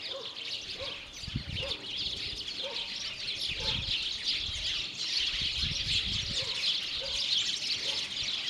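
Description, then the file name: House sparrow chirping calls, a dense continuous chatter of many overlapping high chirps, with a few soft low thumps underneath. "Passer domesticus"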